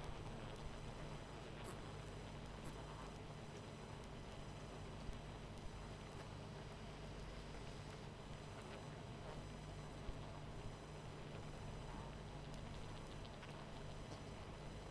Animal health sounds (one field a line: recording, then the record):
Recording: honeybee colony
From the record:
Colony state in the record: missing queen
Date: 14 July 2017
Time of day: 21:58